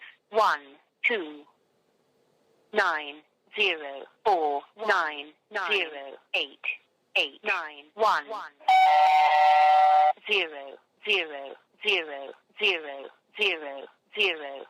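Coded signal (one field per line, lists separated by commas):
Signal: numbers station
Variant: English, telephone line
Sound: synthetic voice reading evenly spaced digits, a steady beep for about 1.5 s, then more digits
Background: telephone line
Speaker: The Kernel called the number provided by Mr. Bland, and here's what they were met with.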